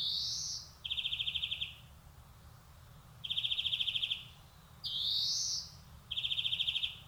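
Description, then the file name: European greenfinch song: dry, rapid trills alternating with rising buzzy wheezes. "Chloris chloris"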